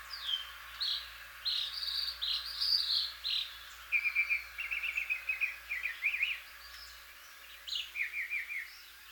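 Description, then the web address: Northern mockingbird song with shifting phrases: varied high notes, then quick stuttering phrases repeated in short bursts, separated by brief pauses. "Northern mockingbird. صدای-پرنده-مرغ-تقلیدگر-شمالی"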